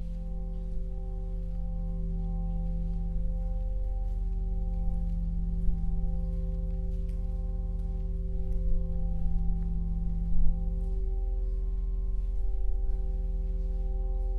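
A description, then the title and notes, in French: A steady, resonant drone from a sound installation fills a large stone space, layered low tones holding unchanged with a brighter ring above. Faint clicks and small movements of people surface throughout, a little busier around the ninth to eleventh second. Parcours sonore. Une promenade sonore dans la Saline Royale d'arc et Senans, entre installation et performances. Ambiances, traces, déambulations, passages, résonance architecturale.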